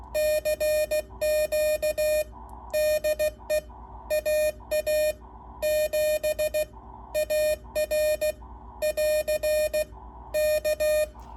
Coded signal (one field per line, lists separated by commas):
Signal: Morse code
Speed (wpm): 16 wpm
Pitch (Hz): 610 Hz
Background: none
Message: CQ DE AA7AR <AR> K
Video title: Hammertone Sierra ￼- Let’s Try The KC-1 and call CQ on 40M!